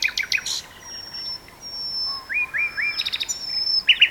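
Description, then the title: Common nightingale song with long pure whistles, a few rising slurred notes repeated three times, and sharp chirping bursts. Two birds singing in a duet on Westleton Heath. "sanderson-sanderson-hc nightingale-duet-on-westleton-heath"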